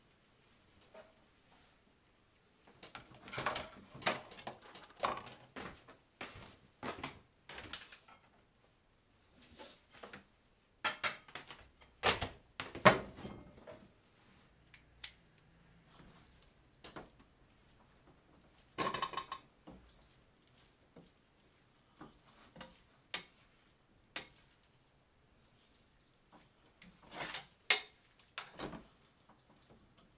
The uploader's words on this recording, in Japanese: 環境音 トマトソースパスタの一部始終。